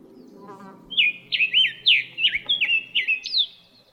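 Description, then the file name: Summer tanager singing a rapid string of many slurred, rising and falling whistled phrases over low rumbling background noise. Recorded in Arizona on 13 April 2008. "SUTA 8"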